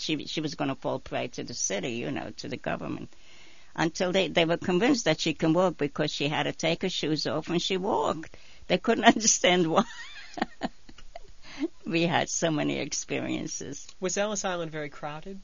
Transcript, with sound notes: She was going to fall prey to the city, you know, to the government, until they were convinced that she can walk, because she had to take her shoes off when she walked. They couldn't understand why. ( she laughs ) We had so many experiences.
Was Ellis Island very crowded?